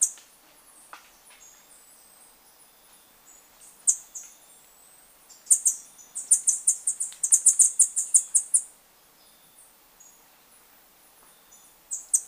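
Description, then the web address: Flame-faced tanager with scattered high thin notes, then a rapid run of sibilant chips lasting about three seconds before a pause and a final high note. Recorded in Ecuador. "Birds of Ecuador. Flame-faced Tanager"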